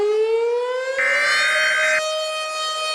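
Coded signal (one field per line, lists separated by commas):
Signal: Emergency Alert System (SAME) tones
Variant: header bursts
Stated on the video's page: Fictional EAS scenario.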